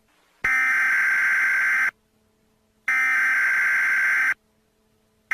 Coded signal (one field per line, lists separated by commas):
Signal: Emergency Alert System (SAME) tones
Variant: header bursts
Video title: An EAS Scenario: Tyrannosaurus Rex Attack